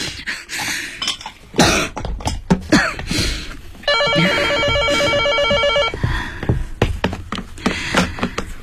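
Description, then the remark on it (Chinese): A telephone rings with a steady, bright electronic trill for about two seconds, framed by coughing and scattered clattering thumps before and after. “你怎么又打电话来了？”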